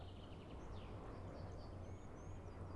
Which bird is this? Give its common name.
Common Chaffinch